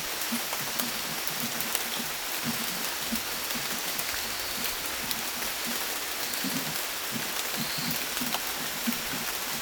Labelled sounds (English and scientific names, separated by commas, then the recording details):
none
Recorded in dense forest near Puerto Asís, Putumayo, Colombia, on 24 June 2025 at 17:30
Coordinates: 0.484, -76.325
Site H65